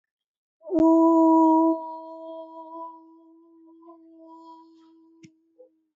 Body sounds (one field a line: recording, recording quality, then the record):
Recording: sustained vowel as in boot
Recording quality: excellent, no background noise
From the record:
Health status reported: healthy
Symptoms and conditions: none ticked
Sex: female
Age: 33 years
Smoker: not ticked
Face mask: worn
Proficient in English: yes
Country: India